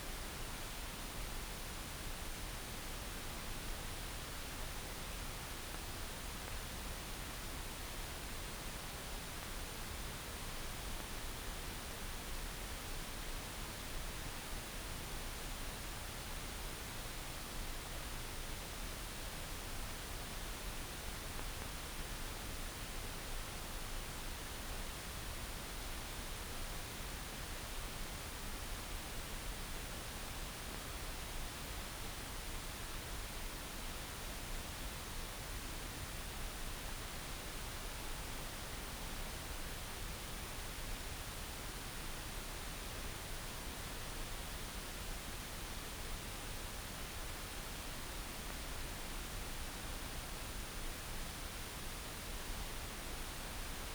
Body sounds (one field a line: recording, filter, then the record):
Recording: brain microelectrode recording played as sound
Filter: wide band, above 20 Hz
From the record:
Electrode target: subthalamic nucleus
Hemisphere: right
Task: reaching with the left hand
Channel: 1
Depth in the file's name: 5.102 mm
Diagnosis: Parkinson's disease